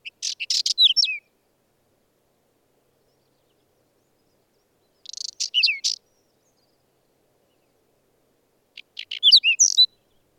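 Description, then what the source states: Whinchat singing three brief, high-pitched phrases several seconds apart, each a quick jumble of crackly notes and short falling whistles, with nothing else audible. Recorded in the mountains.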